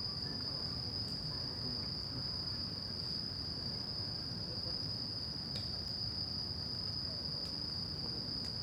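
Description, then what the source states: A high, unwavering cricket trill runs through, with occasional sharp clicks and a low background rumble of traffic. Crickets at night in Shinjuku Gyoen Park, Shinjuku, Tokyo, Japan; recorded with DPA 4060 AB microphones on a Deity PR-2.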